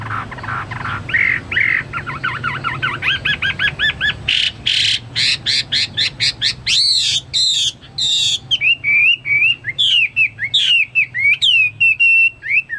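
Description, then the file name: Chinese hwamei song starting with fast rattling notes and harsh bursts, then clear slurred whistled phrases. "omkicau hwamei"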